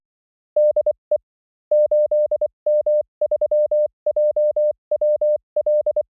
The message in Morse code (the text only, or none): DE 8M3JWL